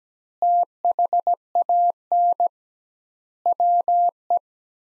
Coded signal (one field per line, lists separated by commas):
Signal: Morse code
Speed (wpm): 17 wpm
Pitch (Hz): 700 Hz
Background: none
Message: THAN WE